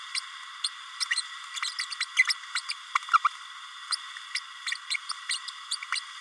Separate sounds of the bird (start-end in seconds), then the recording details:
0.14-0.21, 0.64-0.69, 1.00-1.05, 1.16-1.22, 1.55-1.60, 1.62-1.71, 1.78-1.85, 1.91-1.95, 2.00-2.05, 2.16-2.23, 2.54-2.61, 2.68-2.73, 2.95-2.98, 3.13-3.18, 3.92-3.97, 4.35-4.39, 4.90-4.97, 5.09-5.13, 5.29-5.39, 5.71-5.76, 5.92-6.00. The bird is a male. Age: 31 days. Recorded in a nest box in Venezuela. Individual 17B32A6